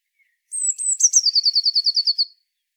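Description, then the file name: Eurasian blue tit song: a pair of thin, high whistles leading into a steady, fast trill of repeated notes. "Cyanistes caeruleus"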